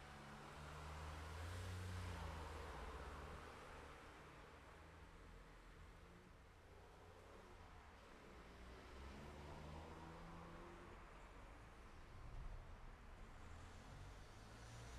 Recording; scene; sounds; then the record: everyday scene through a hearing-aid microphone; in traffic; traffic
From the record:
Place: city secondary road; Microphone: behind the ear, left, rear